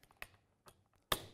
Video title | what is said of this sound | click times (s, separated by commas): X-LOCK: Il sistema funziona così semplicemente | sentirete chiaramente dallo scatto che l'accessorio è fissato in sicurezza | 1.1 s